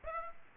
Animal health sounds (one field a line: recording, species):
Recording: mosquito wingbeat signal from an infrared sensor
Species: Aedes aegypti